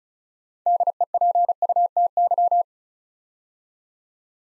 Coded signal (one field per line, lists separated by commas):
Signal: Morse code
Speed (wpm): 36 wpm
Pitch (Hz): 700 Hz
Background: none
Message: DEPUTY